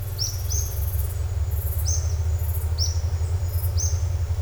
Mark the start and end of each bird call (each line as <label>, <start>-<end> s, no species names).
bird call, 0.11-0.70 s
bird call, 1.85-4.06 s